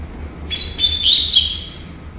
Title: Canto Coleiro